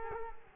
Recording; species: mosquito wingbeat signal from an infrared sensor; Culex quinquefasciatus